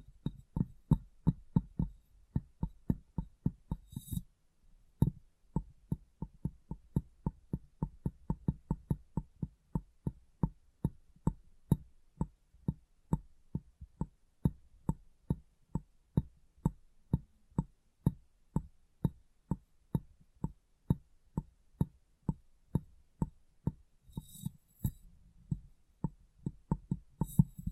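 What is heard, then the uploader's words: Light, rapid taps on glass repeat steadily with short pauses, bright clicks ringing out, and brief rustling wipes near 4 and 25 seconds. ASMR Glass Brain Tapping & Cleaning (No Talking).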